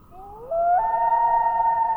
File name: Common Loon